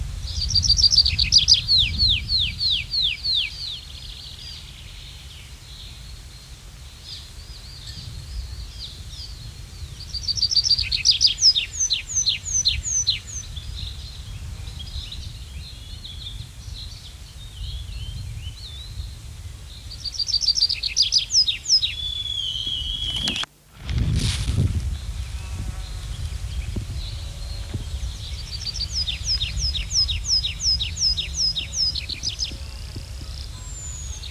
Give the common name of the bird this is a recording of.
Tree Pipit